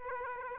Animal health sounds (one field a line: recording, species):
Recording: mosquito wingbeat signal from an infrared sensor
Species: Aedes aegypti